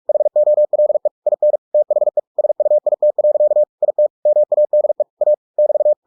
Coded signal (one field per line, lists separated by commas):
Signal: Morse code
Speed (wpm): 46 wpm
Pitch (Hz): 600 Hz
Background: none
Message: HOLE IN THE SUIT. IT MADE A <BT>